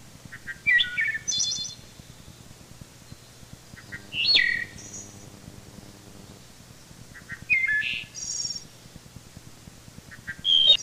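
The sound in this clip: Wood thrush song. Fluted phrases with high trilled endings recur about every three to four seconds. A low hum appears midway.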